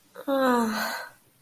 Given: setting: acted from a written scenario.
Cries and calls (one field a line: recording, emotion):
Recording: vocal sound without words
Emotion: disappointment